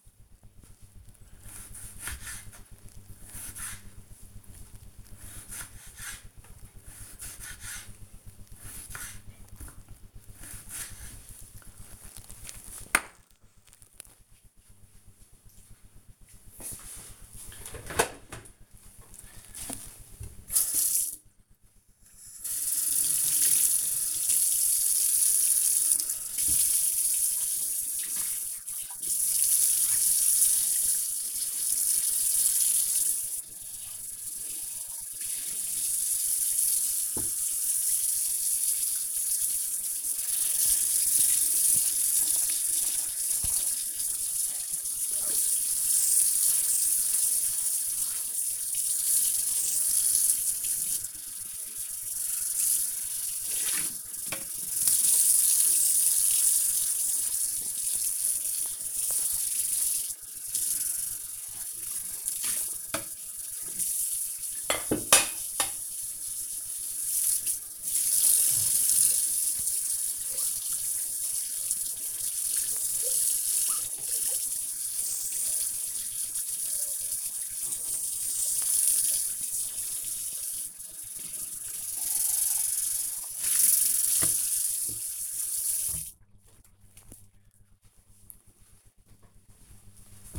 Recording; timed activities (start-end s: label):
household activities, microphone on the right wrist
0.00-12.94 s: cutting vegetables
17.97-85.43 s: washing dishes